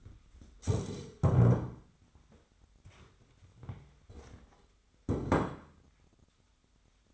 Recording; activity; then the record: daily activity, microphone in the room; stand up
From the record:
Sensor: 3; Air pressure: 1007.7 hPa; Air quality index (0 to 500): 192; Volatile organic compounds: 14 ppm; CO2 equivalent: 2464 ppm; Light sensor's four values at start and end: 12/29/12/12 and 12/28/12/12